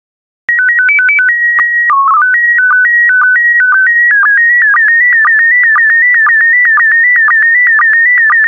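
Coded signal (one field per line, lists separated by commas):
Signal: SSTV (slow-scan television)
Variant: PD 120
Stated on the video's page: PD120 mode SSTV images generated for decoding practice, using stock photos, with synthesized audio prompts.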